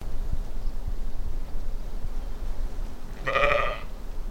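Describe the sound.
Sheep giving a single strong quavering bleat near the end, preceded by a few soft knocks and low background hum.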